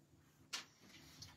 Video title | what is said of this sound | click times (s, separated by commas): Petite piqûre de rappel sur les freins￼ GENIUS 1/5 (live FB 01/2022) | ça la gorge à l'intérieur elles sont elles se clipse bien bon | 0.5 s